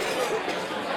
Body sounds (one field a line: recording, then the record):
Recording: coughing mixed with background sound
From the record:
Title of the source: 60 coughing still (deep and wet cough)